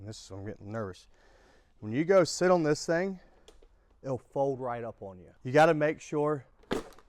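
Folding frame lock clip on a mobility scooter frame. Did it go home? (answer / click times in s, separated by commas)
yes / 6.7 s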